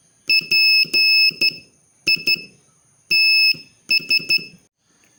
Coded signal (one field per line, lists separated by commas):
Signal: Morse code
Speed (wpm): 13 wpm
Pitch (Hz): 2600 Hz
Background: none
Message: PITS